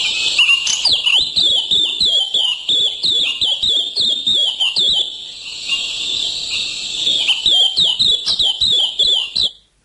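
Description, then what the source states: White-eye calls: a continuous stream of high, thin, warbling twitters and wavering whistles from several birds, lively and overlapping throughout. Small birds moving about in the tree canopy, calling to each other at short distance.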